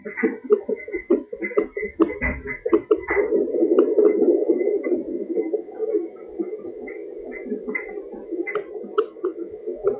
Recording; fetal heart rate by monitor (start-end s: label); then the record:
fetal heart sounds by stethoscope on the mother's abdomen
0.00-10.00 s: 131 bpm
From the record:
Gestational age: 38 weeks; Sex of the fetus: boy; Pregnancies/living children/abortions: 1/0/0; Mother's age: 23 years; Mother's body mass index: 27.7